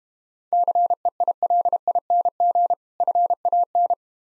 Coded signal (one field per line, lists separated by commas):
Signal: Morse code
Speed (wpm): 32 wpm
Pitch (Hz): 700 Hz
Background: none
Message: CEILING FAN